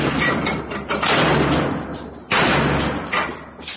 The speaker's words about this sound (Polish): Jezus, strzelają. Bierz kamerę i kręć.